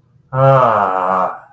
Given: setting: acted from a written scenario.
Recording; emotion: vocal sound without words; ecstasy